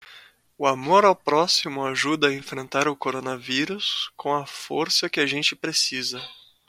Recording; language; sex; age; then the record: spoken sentence; Brazilian Portuguese; male; 20 to 29 years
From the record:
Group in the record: control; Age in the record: 23 years